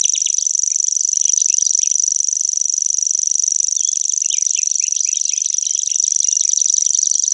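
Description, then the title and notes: Common grasshopper warbler reeling continuously in an even, very high mechanical whir, like a fishing reel, with busy chirping of another bird beneath. Birds of Germany, Austria and Switzerland. "European Songbird Songs Calls Europäische Singvögel. Feldschwirl - Grasshopper Warbler"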